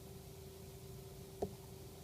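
A plastic washer is pushed onto the back of a plastic safety eye through a loom-band head to lock it in place. Against a quiet, steady background hum, a single short, faint click sounds at 1.4 s as the washer seats on the safety eye shank.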